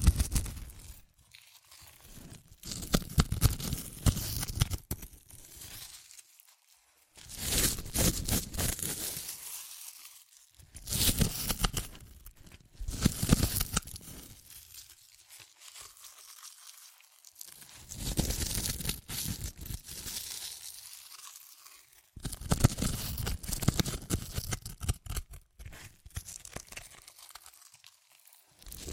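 Crunchy chips being crushed and eaten in repeated bursts of crackling, brittle noise, each lasting a few seconds with short quiet gaps between. The bursts are dense and bright, full of sharp snaps and rustles, and they come fairly regularly through the whole recording.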